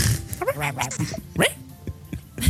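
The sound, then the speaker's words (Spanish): A dog, Milú, barks a few times in short, uneven bursts, mixing sharp barks with higher whiny yelps at moderate loudness. “el perro no es nuestro.”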